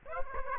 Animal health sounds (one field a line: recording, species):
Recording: mosquito wingbeat signal from an infrared sensor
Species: Aedes aegypti